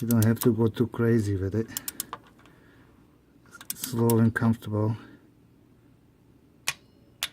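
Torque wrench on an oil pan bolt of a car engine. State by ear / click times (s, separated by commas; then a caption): torque reached / 6.7 s, 7.2 s. A click-type torque wrench tightens an oil pan bolt on a 2006 BMW 330i engine while someone talks. After a quiet stretch, the wrench gives sharp clicks at 6.7 s and 7.2 s, confirming the bolt has reached the set torque.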